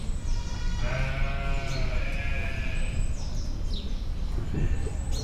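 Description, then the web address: Goat bleating, one long wavering harmonic bleat lasting about two seconds, over a steady low rumble of background noise. Goat recorded in 2011 in a Mangalica farmyard at a zoo in Szeged. "2011 parasztudvar mangalica kecske"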